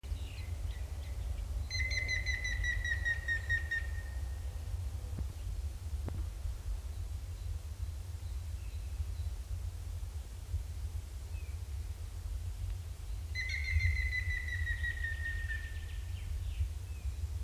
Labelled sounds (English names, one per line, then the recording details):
Grey-headed Woodpecker
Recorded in the wild
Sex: male
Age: adult
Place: Bielefeld-Stieghorst, OT Lämershagen, Nordrhein-Westfalen, DE
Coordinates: 51.9747, 8.61917
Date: 1972-03-17
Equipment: Uher 4200 Report Stereo, Bändchenmikro Beyer M 260, Parabolspiegel Polyester (600 mm)
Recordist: Conrads, Klaus